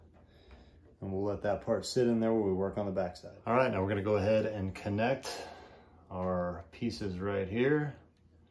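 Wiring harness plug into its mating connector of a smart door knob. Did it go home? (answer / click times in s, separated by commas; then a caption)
no / none. During installation of an EUERTE smart door knob with fingerprint lock, someone talks while about to push the plastic plug connector of the lock's wiring harness into its mating connector between the front and back pieces. A faint short tick near 0.5 s comes before the talking begins. Nothing has seated or clicked yet.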